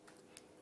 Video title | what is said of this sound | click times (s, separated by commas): JewelleryMaker LIVE 02/12/17 6pm-10pm | Look at that. Can you see how that snaps into place? | 0.4 s